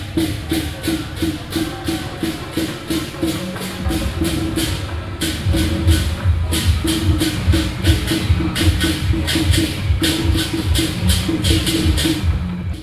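Percussion from a temple fair: drums, gongs and cymbals play a fast, steady beat, with bright cymbal crashes landing several times a second. Low drum booms and ringing gong tones fill the bottom, loud, with only brief stumbles in the rhythm around five and six seconds.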